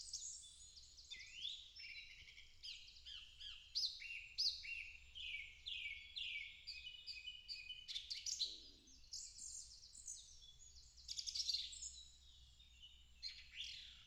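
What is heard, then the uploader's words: Dense dawn chorus of high, bright bird song fills the whole clip, with overlapping chirps, trills and quick down-sweeping notes running continuously. A brief lower call cuts in around eight and a half seconds, and a steady low rumble sits underneath throughout. Dawn chorus. Song thrush scat.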